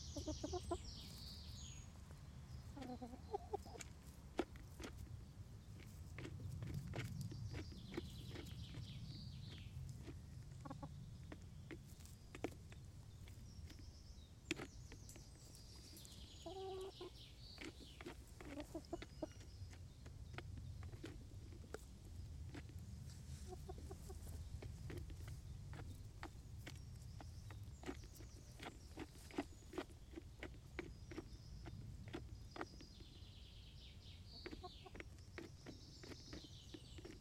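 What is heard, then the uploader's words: Chickens make soft little clucks and chirps while eating, with frequent short pecking clicks scattered throughout. Higher calls break in now and then, around 3, 15, 17 and 36 seconds. A steady low rumble sits underneath the whole time. Chickens making little noises while eating.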